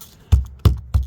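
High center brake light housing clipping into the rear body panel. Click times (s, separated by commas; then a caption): 0.6 s. The plastic high center brake light housing of a Lexus LC500 is pushed back into its opening in the rear body panel. Three sharp, thumpy knocks with a low body are heard, at about 0.3, 0.7 and 0.9 seconds, with the loudest at 0.7 seconds as the housing clips in. It seats firmly and is confirmed in place.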